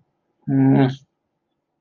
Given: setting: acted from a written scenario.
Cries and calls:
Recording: vocal sound without words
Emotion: neutral

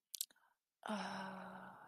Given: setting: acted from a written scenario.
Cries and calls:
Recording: vocal sound without words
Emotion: guilt

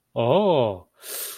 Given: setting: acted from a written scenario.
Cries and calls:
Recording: vocal sound without words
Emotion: realization

